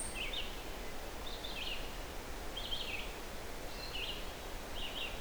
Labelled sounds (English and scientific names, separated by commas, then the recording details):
Red-eyed Vireo (Vireo olivaceus) song
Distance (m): 80 m
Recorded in boreal forest in Alberta, Canada, on 12 June 2016 at 05:50
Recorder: SongMeter 3, array SBT-3-18
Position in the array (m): 241 m, 96 m